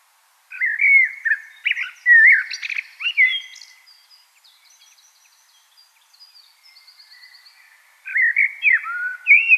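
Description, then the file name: Common blackbird song: a fluted warbling phrase trailing into a thin high twitter, then a pause before another mellow warbled phrase begins. "Turdus merula"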